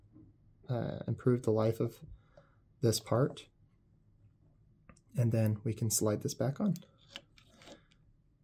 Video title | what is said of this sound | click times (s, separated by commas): Electrode Setup on Sunstone / Orion Stylus | and then with just a firm push it'll click into place and | 7.2 s